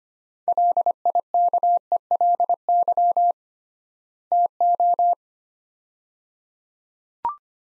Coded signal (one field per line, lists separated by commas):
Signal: Morse code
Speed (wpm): 25 wpm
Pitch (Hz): 700 Hz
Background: none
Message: LIKELY TO